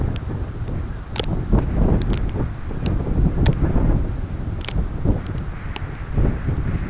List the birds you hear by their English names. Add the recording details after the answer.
none. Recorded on Arctic tundra, site CORI-1, on 11 June 2018. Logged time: 02:00